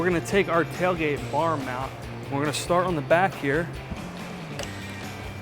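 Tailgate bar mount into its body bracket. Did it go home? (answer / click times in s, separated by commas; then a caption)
yes / 4.6 s. Someone talks over background music while a tailgate bar mount for a Bestop TrekTop NX Glide Black Twill soft top on a 2007-2018 4-door Jeep Wrangler JK is started at the back and rolled forward onto its body bracket. A single short snap is heard at 4.6 s as the mount seats into place.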